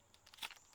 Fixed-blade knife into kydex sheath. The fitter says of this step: very nice click on the way in